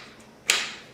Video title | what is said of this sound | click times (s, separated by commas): 11 Hours of PC Repair in HD! | and it snaps into place. | 0.5 s